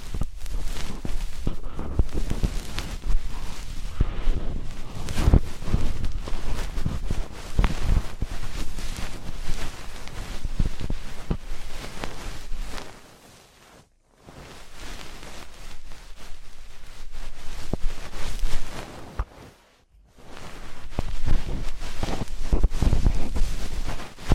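Traditional ear cleaning: dense, continuous scraping and rustling with frequent sharp clicks and small taps, plus a low rumble underneath. The sound stops almost completely twice, briefly around 14 seconds and again near 20 seconds, before the scratching resumes.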